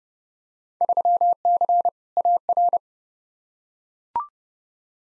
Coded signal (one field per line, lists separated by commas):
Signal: Morse code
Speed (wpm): 29 wpm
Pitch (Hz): 700 Hz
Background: none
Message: 3C AR